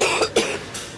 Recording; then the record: coughing mixed with background sound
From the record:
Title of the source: 61 morning phlegmy cough...again